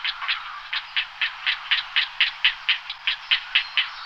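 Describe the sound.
Grey heron giving a rapid, regular series of short harsh ticking notes, continuing steadily throughout.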